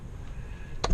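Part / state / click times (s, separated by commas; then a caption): oil filter element into filter canister / seated / 0.8 s. During a 911 Carrera oil change, an oil filter element is pushed into its canister housing. After a low, steady background hum, a single sharp click is heard at 0.8 seconds as the element seats in place.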